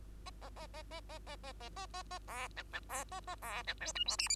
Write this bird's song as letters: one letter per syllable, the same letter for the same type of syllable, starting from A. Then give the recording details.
A A A A A A A A A A A A B C C B A A B C D E F G H. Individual Bird2